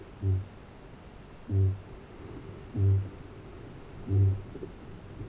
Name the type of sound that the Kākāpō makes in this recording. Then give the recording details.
boom. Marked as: faintness 2/5. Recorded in New Zealand. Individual Arab